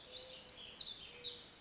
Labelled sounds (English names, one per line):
Mourning Dove